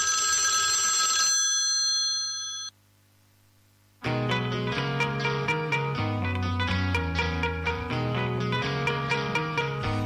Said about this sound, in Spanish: Que sonó el teléfono y yo pensé que alguien estaba llamando